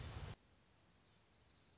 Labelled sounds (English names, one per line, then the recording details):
Orange-crowned Warbler
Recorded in Sonoma County, California